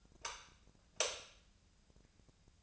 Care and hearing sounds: daily activity, microphone in the room; light off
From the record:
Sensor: 2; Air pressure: 999.8 hPa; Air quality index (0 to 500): 118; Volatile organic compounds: 2 ppm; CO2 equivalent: 1021 ppm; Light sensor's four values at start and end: 40/106/45/49 and 36/90/38/43

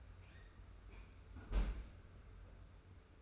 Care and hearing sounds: daily activity, microphone in the room; close fridge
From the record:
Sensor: 2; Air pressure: 990.8 hPa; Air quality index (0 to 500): 128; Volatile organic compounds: 126 ppm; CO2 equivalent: 3909 ppm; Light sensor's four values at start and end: 20/48/19/19 and 20/48/19/19

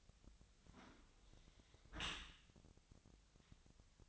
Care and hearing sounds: daily activity, microphone in the room; close dishwasher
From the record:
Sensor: 3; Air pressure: 1003.0 hPa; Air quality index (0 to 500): 196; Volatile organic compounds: 6 ppm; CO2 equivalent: 1908 ppm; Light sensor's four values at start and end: 20/48/20/22 and 19/48/20/21

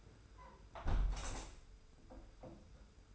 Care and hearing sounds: daily activity, microphone in the room; close window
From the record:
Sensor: 2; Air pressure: 991.1 hPa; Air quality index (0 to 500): 122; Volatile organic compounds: 93 ppm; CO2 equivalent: 3707 ppm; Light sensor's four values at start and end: 36/106/42/40 and 37/107/42/40

